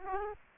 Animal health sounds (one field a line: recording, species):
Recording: mosquito wingbeat signal from an infrared sensor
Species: Aedes aegypti